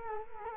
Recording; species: mosquito wingbeat signal from an infrared sensor; Culex quinquefasciatus